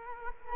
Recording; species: mosquito wingbeat signal from an infrared sensor; Culex quinquefasciatus